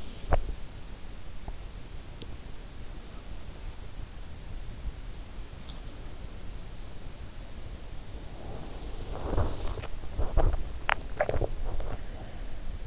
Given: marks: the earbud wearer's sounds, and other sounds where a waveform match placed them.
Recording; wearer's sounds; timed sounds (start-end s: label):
sounds in sleep by an in-ear microphone; teeth grinding, body movement
0.00-1.13 s: teeth grinding
8.31-12.87 s: body movement
9.84-11.52 s: teeth grinding